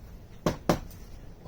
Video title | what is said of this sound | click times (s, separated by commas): (W26)Combat Commander Next Generation Boot Knife - 3Cr13 Stainless Steel | and either side either side locks | 0.5 s, 0.7 s